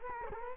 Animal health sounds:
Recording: mosquito wingbeat signal from an infrared sensor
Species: Culex quinquefasciatus

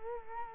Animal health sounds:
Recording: mosquito wingbeat signal from an infrared sensor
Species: Culex quinquefasciatus

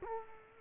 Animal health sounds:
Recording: mosquito wingbeat signal from an infrared sensor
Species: Culex quinquefasciatus

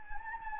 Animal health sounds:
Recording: mosquito wingbeat signal from an infrared sensor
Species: Anopheles gambiae

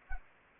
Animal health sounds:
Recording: mosquito wingbeat signal from an infrared sensor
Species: Anopheles gambiae

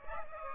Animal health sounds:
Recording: mosquito wingbeat signal from an infrared sensor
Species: Aedes aegypti

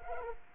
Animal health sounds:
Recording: mosquito wingbeat signal from an infrared sensor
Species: Culex quinquefasciatus

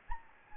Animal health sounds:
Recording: mosquito wingbeat signal from an infrared sensor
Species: Anopheles gambiae

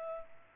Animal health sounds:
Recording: mosquito wingbeat signal from an infrared sensor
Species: Culex pipiens

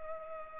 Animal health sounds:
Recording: mosquito wingbeat signal from an infrared sensor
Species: Culex pipiens

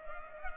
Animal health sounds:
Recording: mosquito wingbeat signal from an infrared sensor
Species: Culex pipiens

